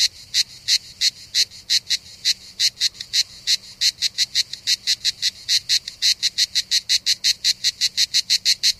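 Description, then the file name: Cicada pulsing harshly at a brisk, fairly regular pace. Recorded 3 September 2009, around 07:33 in the morning. "Enregistrement Cigales"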